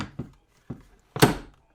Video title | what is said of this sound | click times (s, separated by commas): Icedeer Under Desk Bike Folding Pedal Exerciser for Seniors | There you go. It's in there, and it's locked in. | 1.2 s